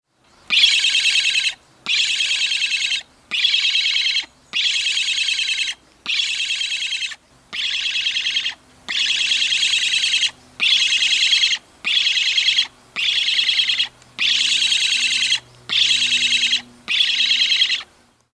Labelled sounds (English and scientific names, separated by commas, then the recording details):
Black Stork (Ciconia nigra)
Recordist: Tembrock, Günter
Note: Lautfolgen eines Jungvogels